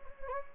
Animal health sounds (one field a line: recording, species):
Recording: mosquito wingbeat signal from an infrared sensor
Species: Anopheles gambiae